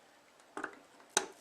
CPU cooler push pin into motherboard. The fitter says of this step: press down there's a click turn it